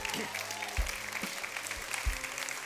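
An audience applauds steadily, a dense wash of many hands clapping at once, with a few low thumps and faint crowd noise mixed in.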